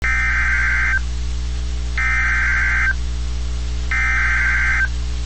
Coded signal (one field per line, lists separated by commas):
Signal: Emergency Alert System (SAME) tones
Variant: header bursts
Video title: Severe Thunderstorm Warning (4/17/26) [EAS #369]